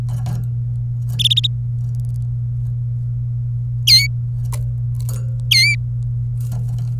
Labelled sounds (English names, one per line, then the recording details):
Domestic Canary song
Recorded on 26 April 2018 at 14:17
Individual llb3